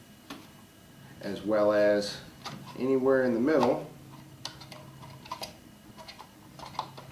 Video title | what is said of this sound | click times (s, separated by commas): SABER®-FORSST® MOD-0 install | it has Positive Locking notches that will allow it to go all the way down and lock into place | 0.3 s